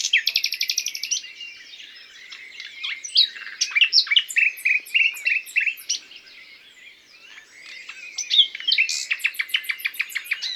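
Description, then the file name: Common nightingale singing varied phrases: a rapid rattle of repeated notes, then a series of separate whistled and chirped notes, ending in another fast repeated burst. "Luscinia megarhynchos"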